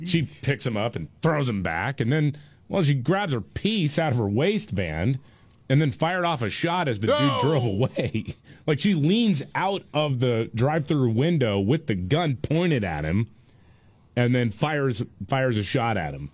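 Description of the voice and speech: An adult man speaks fluently in a relaxed, conversational narrating style. His voice is clear and mid-pitched, with natural rises and falls and short pauses between phrases. Articulation and voice quality are ordinary, with no signs of a speech or voice disorder.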